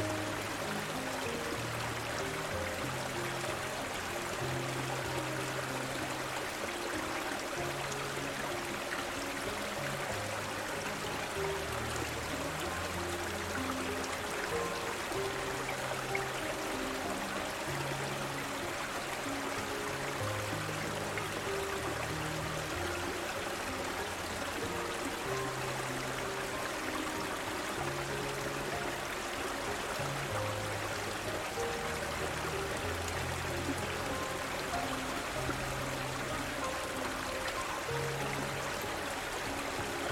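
A small waterfall rushes in a steady, dense wash that fills the highs evenly for the whole forty seconds, with no breaks or surges. Underneath, soft low music moves through slow sustained tones, shifting every second or so and staying quietly in the background.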